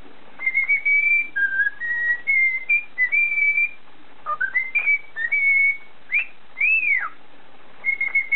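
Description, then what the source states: Cockatiel whistling a string of steady level notes at varied pitches, then a few quick slides and one long arched whistle, ending on a final level note. Whistled tune (siulan) of a cockatiel.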